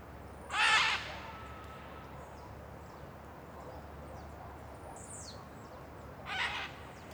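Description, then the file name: Macaws giving two loud, harsh, raspy squawks, one burst near the start and another about six seconds later, over a steady low background hum. Several macaws flying past and calling over a valley with a river nearby. "Vale com rio perto Araras passam cantando"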